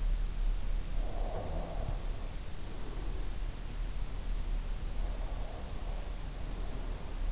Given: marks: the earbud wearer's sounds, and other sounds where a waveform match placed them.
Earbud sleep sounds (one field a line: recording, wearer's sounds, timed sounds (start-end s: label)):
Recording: sounds in sleep by an in-ear microphone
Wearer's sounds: breath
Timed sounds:
1.03-3.57 s: breath
4.74-7.32 s: breath